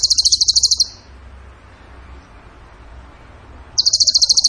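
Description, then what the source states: Bird gives a rapid high-pitched pulsed trill, falls silent for about three seconds, then starts the same fast trill again. Masteran (training recording) of bird song in the tembakan gacor style.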